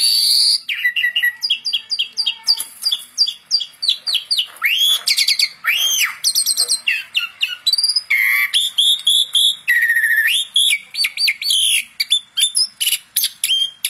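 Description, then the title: Asian pied starling song, a rapid, varied run of clear whistles, upslurred and looping notes and buzzy trills, delivered almost without pause. Masteran training audio of Asian pied starling song, used to spur songbirds that sing little or seem listless into singing. "Masteran Jalak Suren"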